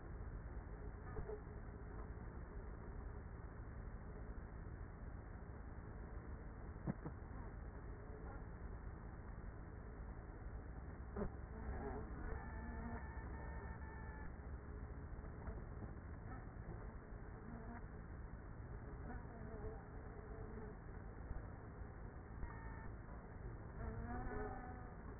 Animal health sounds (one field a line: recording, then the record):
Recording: honeybee colony, microphone inside the hive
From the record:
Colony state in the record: queenless with a low population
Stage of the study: after two queens were removed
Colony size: about 30,000 bees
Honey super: no